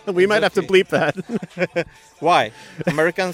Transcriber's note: laughter